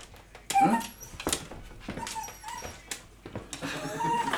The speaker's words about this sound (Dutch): Mijn hond geeft even een concert.